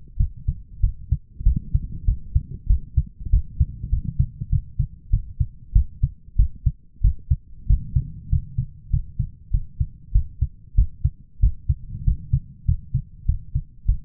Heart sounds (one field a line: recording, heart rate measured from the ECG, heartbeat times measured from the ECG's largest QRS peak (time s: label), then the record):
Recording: heart sounds by stethoscope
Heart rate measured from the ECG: 96 bpm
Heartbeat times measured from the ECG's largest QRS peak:
0.17 s: heartbeat
0.80 s: heartbeat
1.43 s: heartbeat
2.05 s: heartbeat
2.67 s: heartbeat
3.30 s: heartbeat
3.90 s: heartbeat
4.49 s: heartbeat
5.10 s: heartbeat
5.73 s: heartbeat
6.36 s: heartbeat
7.01 s: heartbeat
7.67 s: heartbeat
8.29 s: heartbeat
8.90 s: heartbeat
9.51 s: heartbeat
10.12 s: heartbeat
10.75 s: heartbeat
11.40 s: heartbeat
12.04 s: heartbeat
12.65 s: heartbeat
13.25 s: heartbeat
13.85 s: heartbeat
From the record:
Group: healthy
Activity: rest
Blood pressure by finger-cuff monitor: 142/101 mmHg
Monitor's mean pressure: 112 mmHg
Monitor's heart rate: 96 bpm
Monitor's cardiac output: 8 L/min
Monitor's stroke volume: 83 mL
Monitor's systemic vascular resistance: 1070 dyn s/cm5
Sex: male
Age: 23 years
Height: 179 cm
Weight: 87 kg